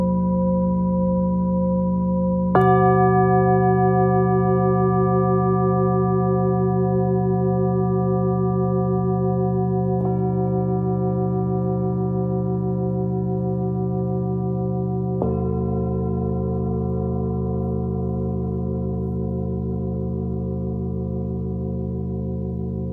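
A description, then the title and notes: A Tibetan singing bowl hums with a deep, steady, ringing tone, struck again near 3, 10 and 15 seconds, each strike adding bright overtones. Tibetan Singiing Bowl のサウンドヒーリングチャンネル.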